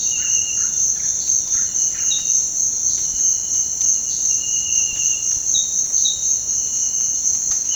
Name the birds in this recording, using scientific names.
none